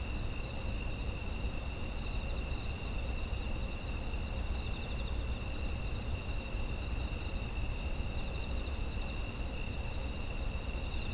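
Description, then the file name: Insects in a steady chorus: several continuous high trills layered at different pitches, some pulsing, over a constant low rumble. Autumn insect ambience. "秋の虫の環境音"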